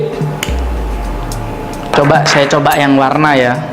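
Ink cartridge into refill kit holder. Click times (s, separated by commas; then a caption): 0.4 s. An HP ink cartridge is pressed into the holder of a refill kit made for Canon cartridges and seats with a sharp click at 0.4 s. A quieter knock follows at 1.3 s, and then someone talks.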